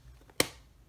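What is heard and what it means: The hinged plastic lid of a stamp ink pad case is pulled back and flipped over to close it. After a faint tick at 0.3 s, it snaps shut with one sharp click at 0.4 s. The lid sits right in place.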